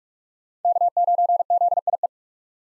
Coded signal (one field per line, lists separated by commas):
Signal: Morse code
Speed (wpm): 42 wpm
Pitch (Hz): 700 Hz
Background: none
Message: K9ZIE